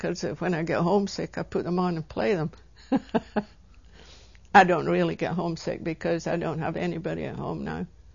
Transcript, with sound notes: When I get homesick I put them on and play them. (She laughs.) I don't really get homesick because I don't have anybody at home now.